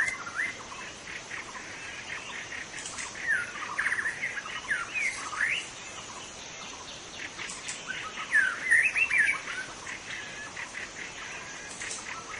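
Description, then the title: White-rumped shama singing rich whistled phrases with slurred, rising and falling notes in two bursts, over a steady background hiss. Singing in forest; called murai batu hutan (forest white-rumped shama) in Indonesian. "Suara burung murai batu hutan"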